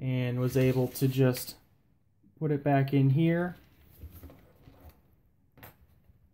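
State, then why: Not seated. Someone talks while handling the yellow plastic locking piece of a junkyard Jeep WJ power distribution center, getting ready to push it back into the fuse box. Quiet handling noises follow, with a brief sharp tick around 5.6 seconds. Nothing has seated or clicked into place yet.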